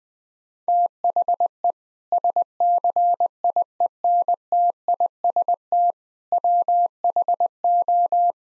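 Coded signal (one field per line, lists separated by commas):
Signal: Morse code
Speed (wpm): 20 wpm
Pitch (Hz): 700 Hz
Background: none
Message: THE SCIENTIST WHO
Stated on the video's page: Practice sentences containing common eight-word phrases at 20 wpm.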